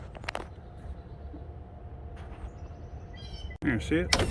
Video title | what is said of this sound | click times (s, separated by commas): Toyota Sienna Power Sliding Doors Not Working? Here's How I Fixed Them | now it releases that latch you | 0.3 s